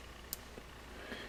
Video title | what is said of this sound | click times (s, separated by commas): Tamiya lunchbox RC Upgrades: Front Shock Upgrade | just snap right in place just like that it | 0.3 s